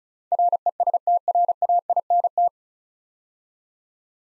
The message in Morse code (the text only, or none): RESTRAINT